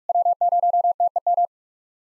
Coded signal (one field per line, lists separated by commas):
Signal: Morse code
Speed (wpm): 44 wpm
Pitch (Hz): 700 Hz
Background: none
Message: W0TEM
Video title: SOTA QSO Practice 45wpm